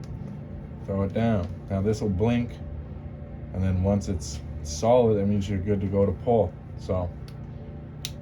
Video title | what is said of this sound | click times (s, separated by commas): FREE 1 Hour Fiber Optic Splicing Training | you can hear it click pull | 8.0 s